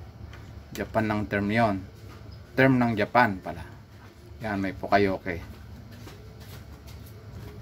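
Someone talks while handling and lining up the plug of an LED backlight strip cable with its locking socket on the backlight strip of an LG 42LB5820 TV, which has a busted LED bead and no video. Nothing has been pushed in or clicked yet; the connector is only being lined up before locking.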